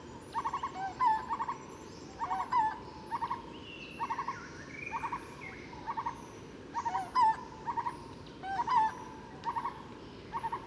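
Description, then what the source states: Barbets giving repeated low hollow note bursts in a loose rhythm, interspersed with short higher whistles and chirps from other birds. Barbets in 30–40 m tall forest trees around the Angkor temples, Cambodia; Bayon temple, 8 December, 10:30; species not yet identified.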